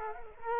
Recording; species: mosquito wingbeat signal from an infrared sensor; Culex quinquefasciatus